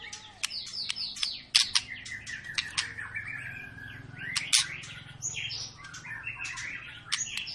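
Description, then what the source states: White-rumped shama song, a dense, varied run of loud whistled phrases, slurred notes and sharp clicking ticks, with little pause throughout. Lure recording of a white-rumped shama in long, continuous full song, used to prompt other birds to sing; 'gacor panjang' means prolonged nonstop singing.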